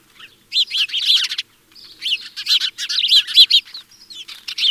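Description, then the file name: House sparrow chirps, bright repeated notes in quick overlapping bursts, a brief pause after the opening bursts, then more rapid chirping to the end. "Passer domesticus"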